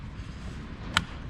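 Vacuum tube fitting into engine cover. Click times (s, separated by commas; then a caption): 1.0 s. A vacuum tube is hooked onto the plastic engine cover of a Lincoln MKZ Hybrid before the cover is slid back in. Against a low background rumble, one sharp click sounds at 0.97 s as the tube connector seats.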